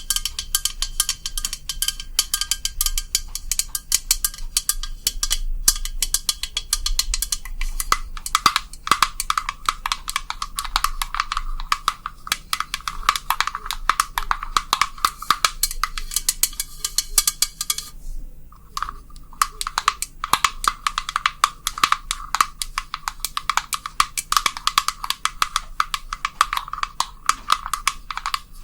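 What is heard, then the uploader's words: Rapid, dense tapping of long nails continues almost nonstop, crisp, with a bright clicky edge. The rhythm stays fast and busy throughout, broken only by a brief pause around eighteen seconds. A faint low hum sits underneath. ASMR Relaxing Tapping for the BEST Sleep & Tingles long nails + no talking.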